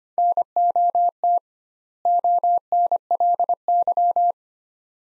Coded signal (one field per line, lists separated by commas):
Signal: Morse code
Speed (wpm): 25 wpm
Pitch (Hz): 700 Hz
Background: none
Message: NOT ONLY